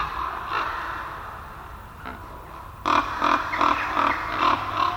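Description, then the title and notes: Raven croaks: after a subdued opening with faint calls, a sudden series of coarse, repeated croaks about three per second fills the remainder. Several ravens calling over their roost in a forest. "Chris Watson - Ravens Over Their Roost In The Forest by Red Bull Music Academy"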